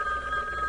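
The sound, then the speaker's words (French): A telephone bell rings steadily, a bright sustained electronic tone with a faint warble, heard alone at moderate loudness without any voices. “Oui, c'est le téléphone qui sonne.”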